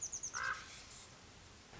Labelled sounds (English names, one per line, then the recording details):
Common Raven
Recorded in Sonoma County, California